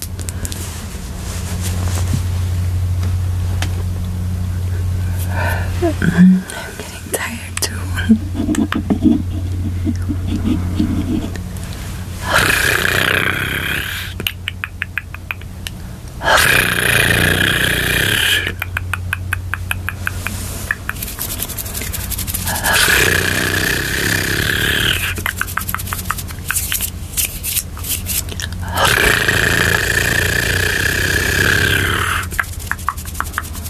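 Hand tapping and rustling sounds, with a low hum running under the first twelve seconds. After that come dense bursts of rapid tapping, each lasting a few seconds, separated by brief quieter pauses, sharp and bright throughout.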